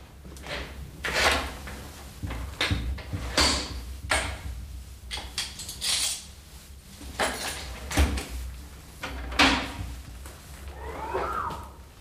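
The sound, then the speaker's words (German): A heavy, thick steel vault door is worked open in a series of clanks, scrapes and thuds, with mechanical rattles and a low rumble running underneath, ending in a faint squeal. “Damit Sie sehen, wie dick die Tür und die Wände der Stahlkammer sind.”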